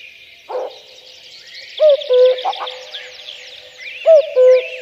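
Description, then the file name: Common cuckoo giving a two-note falling cuckoo twice, after a brief croaking note, among high chirps and trills of other birds. "kakukk hangja"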